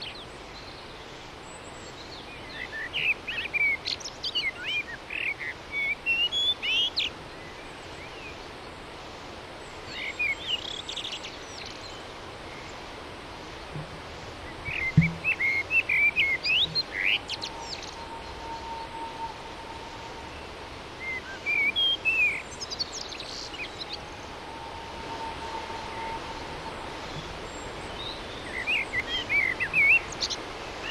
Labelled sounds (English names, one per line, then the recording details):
Common Blackbird song
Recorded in the wild
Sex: male
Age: adult
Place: Garmisch-Partenkirchen, Bayern, DE
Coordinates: 47.4903, 11.0739
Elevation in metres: 708
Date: 1967-04-02
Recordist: Tretzel, Erwin
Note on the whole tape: Vermutlich am Mühlbach: Gesang